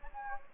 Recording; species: mosquito wingbeat signal from an infrared sensor; Anopheles gambiae